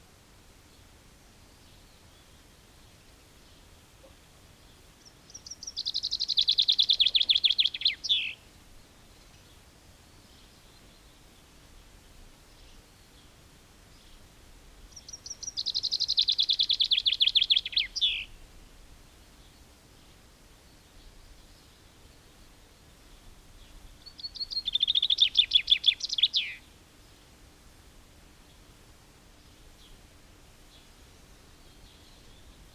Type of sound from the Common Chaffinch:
song